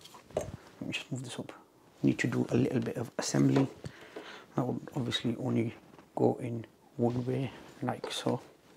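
Someone talks while handling the upright handle section of a BISSELL SpinWave Hard Floor Cleaning Mop, lining it up to push into the spray mop body, which it only goes into one way. A brief sharp handling sound comes near 0.4 s, with soft rustles between the speech. Nothing has seated or clicked yet when the clip ends.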